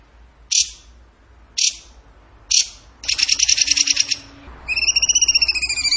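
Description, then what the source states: Bird calling: three sharp separate chips, then a quick buzzy rattle, ending with a rapid trill of clear, layered whistled notes. Masteran training recording; song in the tembakan gacor style.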